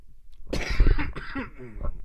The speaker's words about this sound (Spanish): Perdón por la tos.